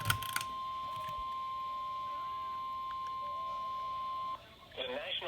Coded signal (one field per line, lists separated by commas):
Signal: Emergency Alert System (SAME) tones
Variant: 1050 Hz attention tone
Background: speech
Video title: Unexpected captures from 6/25/20 EAS# 102-107